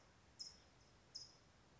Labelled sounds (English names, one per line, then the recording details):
California Towhee
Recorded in Sonoma County, California